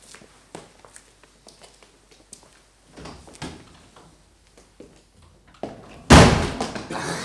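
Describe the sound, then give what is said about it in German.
Light shuffling steps and small clicks and creaks as a door with frosted glass is opened to let a man in, then a single loud, heavy slam as it bangs shut, followed by a short rumbling tail. “Jetzt steht er vor der Tür. Ja, man sieht die Silhouette durch das Milchglas. Lass ihn rein, Watson. Versteck dich hinter der Tür.”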